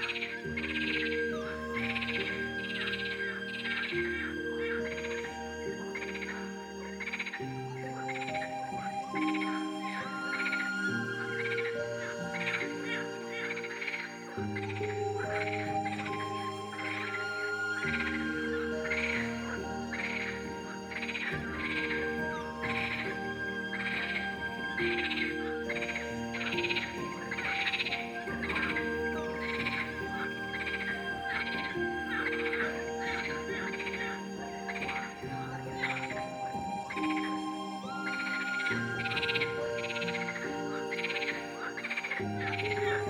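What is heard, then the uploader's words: A night swamp with a dense, unbroken chorus of croaking frogs, rapid and overlapping throughout. Underneath, music plays steadily: deep sustained chords that shift every few seconds, with occasional thin high tones gliding across. The overall loudness stays even from start to finish. Nature Swamp at Night (with Music).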